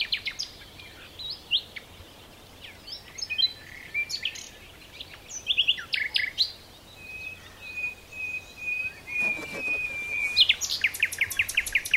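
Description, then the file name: Common nightingale song: varied chirps and short phrases, then a long steady whistle, ending in a fast stuttering trill. "Luscinia megarhynchos"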